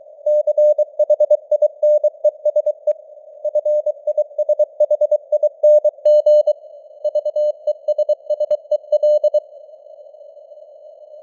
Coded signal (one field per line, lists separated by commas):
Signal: Morse code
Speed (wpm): 23 wpm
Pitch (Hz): 600 Hz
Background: none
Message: CHINESE FISHING VESSEL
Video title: Morse Code News | 2025-11-10 | 23wpm